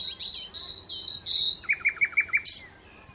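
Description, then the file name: Common Nightingale song phrase: a run of high whistled notes, then a fast series of about six rich chirps, ending with a sharp burst. "Luscinia megarhynchos"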